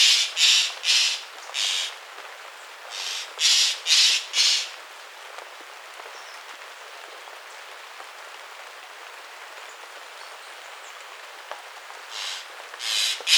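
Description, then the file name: Bird uttering rasping bursts, a short series at the start and another soon after, then a long quiet gap before two more at the end. "SABIOD 50 bird 2015"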